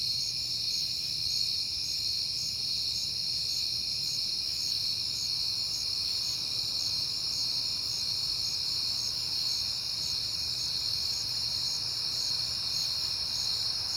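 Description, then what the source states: Crickets keep up a constant high trill, with quick, evenly spaced higher chirps pulsing through the whole stretch. At night in September, on a peaceful night.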